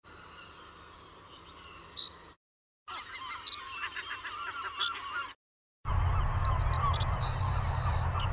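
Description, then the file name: Bird song in three separate sections, each mixing high whistled notes with quick sharp chips, with short silent gaps between them. Three birds that had learned experimental songs. "mennill et al three birds"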